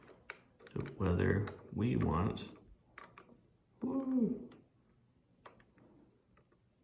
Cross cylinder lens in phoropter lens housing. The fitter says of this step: cross cylinder that snaps into place and we're looking at there's the red dot